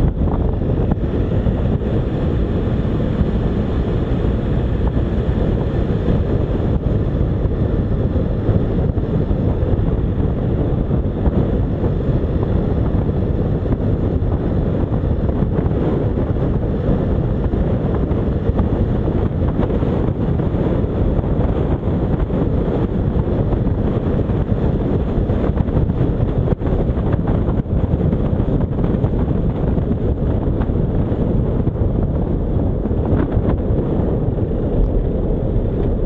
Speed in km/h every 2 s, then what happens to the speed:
38, 43, 46, 47, 48, 50, 51, 53, 55, 56, 56, 59, 60, 59, 54, 43, 32, 31.
0-25 speeds up to 60. 25-32 brakes to 32.